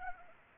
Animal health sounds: mosquito wingbeat signal from an infrared sensor; Anopheles arabiensis

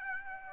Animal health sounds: mosquito wingbeat signal from an infrared sensor; Aedes aegypti

